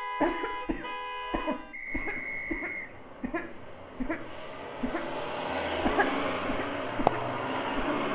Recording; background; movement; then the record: voluntary coughing; traffic; sitting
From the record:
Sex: female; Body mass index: 36.4 kg/m2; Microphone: on the chest, facing outward